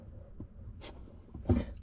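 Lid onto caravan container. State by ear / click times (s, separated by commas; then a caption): not seated / none. A lid is pressed down onto a container in a caravan, but it fails to seat and nothing has clicked into place. Brief rubbing and scraping sounds are followed by a louder knock at about 1.5 seconds as the lid is pushed.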